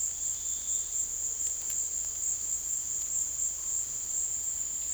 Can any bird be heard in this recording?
no